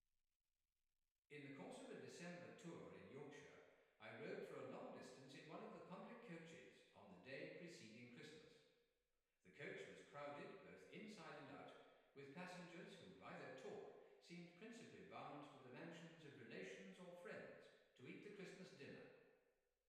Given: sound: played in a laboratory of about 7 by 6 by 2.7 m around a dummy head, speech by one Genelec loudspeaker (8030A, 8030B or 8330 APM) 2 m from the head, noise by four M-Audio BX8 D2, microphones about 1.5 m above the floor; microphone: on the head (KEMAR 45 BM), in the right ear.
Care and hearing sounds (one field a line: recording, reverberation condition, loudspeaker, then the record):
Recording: male speech in English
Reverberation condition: high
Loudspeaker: 30 degrees to the left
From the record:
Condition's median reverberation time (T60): about 1300 ms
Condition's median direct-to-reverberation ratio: about -4.0 dB